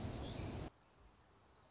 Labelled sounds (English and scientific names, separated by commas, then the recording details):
Orange-crowned Warbler (Leiothlypis celata)
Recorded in Sonoma County, California